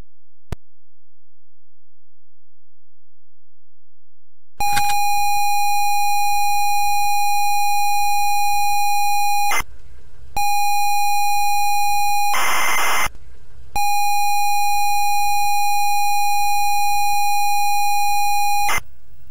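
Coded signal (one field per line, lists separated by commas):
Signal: ZX Spectrum tape loading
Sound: steady buzzy lead tone, a short harsh data burst, then the lead tone again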